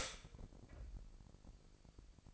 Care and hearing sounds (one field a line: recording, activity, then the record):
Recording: daily activity, microphone in the room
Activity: stop toaster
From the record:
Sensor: 5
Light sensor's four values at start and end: 25/57/23/23 and 25/57/23/23